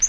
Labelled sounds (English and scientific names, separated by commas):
Yellow-rumped Warbler (Setophaga coronata) flight call